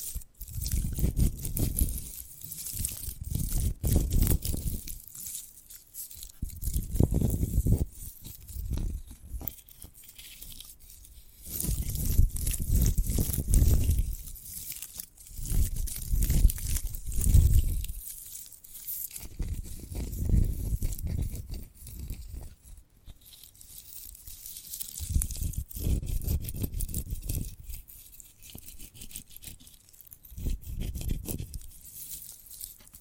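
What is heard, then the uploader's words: ASMR handling of a sprouted coconut: bursts of scratchy, crackling tearing and crinkling come in waves every few seconds, each lasting one to three seconds. A low rumble swells with each burst, and a bright rustle continues between them. ASMR of a Sprouted Coconut (No Talking).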